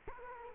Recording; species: mosquito wingbeat signal from an infrared sensor; Culex quinquefasciatus